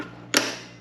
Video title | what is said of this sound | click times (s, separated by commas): GSXR 600 Font tire change and balance | there's my click we're going to come around this side we're going to wind these in | 0.4 s